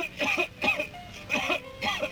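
coughing

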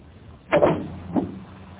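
car hood being opened

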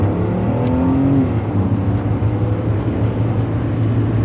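car stopping

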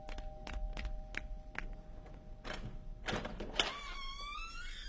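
door being opened

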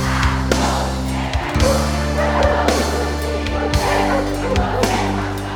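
dog barking

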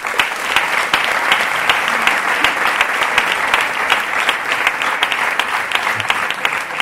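audience applause

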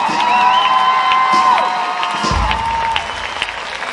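audience applause and cheering

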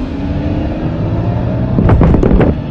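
car engine running

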